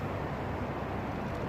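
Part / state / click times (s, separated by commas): spark plug into engine cylinder head / not seated / none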